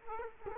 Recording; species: mosquito wingbeat signal from an infrared sensor; Culex quinquefasciatus